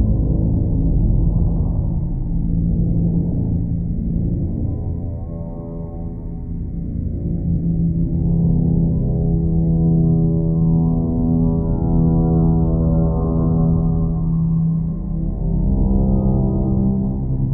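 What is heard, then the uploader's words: A creepy low atmosphere drones steadily, a dark gong-like hum with slow swelling overtones rising and fading every few seconds, nothing bright above. Creepy Low Atmosphere Ambience.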